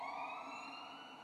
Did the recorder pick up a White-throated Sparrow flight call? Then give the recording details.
no. No flight call is heard. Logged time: 01:20 on 4 December 2014